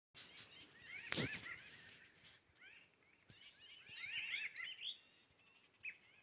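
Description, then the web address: Pinyon jay flock calls: a sharp loud click near the start, then scattered nasal mewing calls building into a brief overlapping burst before tapering off. Several birds recorded at Escalante on 15 May 2022. "2022-05-15-escalante-bowington pinyon-jays"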